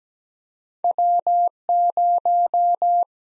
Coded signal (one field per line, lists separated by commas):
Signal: Morse code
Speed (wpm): 17 wpm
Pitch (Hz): 700 Hz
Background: none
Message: W 0